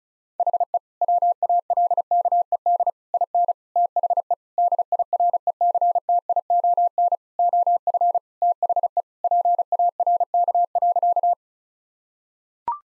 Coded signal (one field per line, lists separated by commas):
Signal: Morse code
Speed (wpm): 36 wpm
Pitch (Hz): 700 Hz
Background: none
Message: HE WALKED IN THE DIRECTION OF THE PARK.